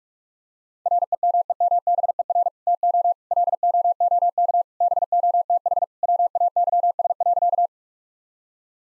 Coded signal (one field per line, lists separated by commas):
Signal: Morse code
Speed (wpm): 46 wpm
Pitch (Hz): 700 Hz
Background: none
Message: REMEMBER TO LOOK BOTH WAYS.